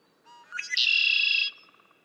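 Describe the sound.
Red-winged blackbird song: a low soft note, a stuttered lead-in and a sustained buzzy trill.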